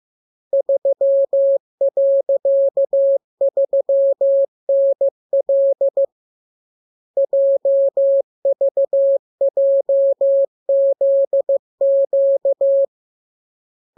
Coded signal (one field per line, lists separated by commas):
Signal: Morse code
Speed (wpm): 15 wpm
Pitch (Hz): 550 Hz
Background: none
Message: 3.3NL JVJZQ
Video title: Learning Morse Code. Lesson 30. Letter KMURESNAPTLWI.JZ=FOY,VG5/Q92H38